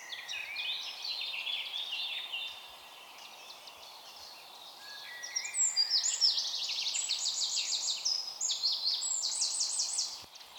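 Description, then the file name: Eurasian wren song in two bursts of rapid, high, chattering trills, the second longer and louder, over faint steady hiss. "Troglodytes troglodytes"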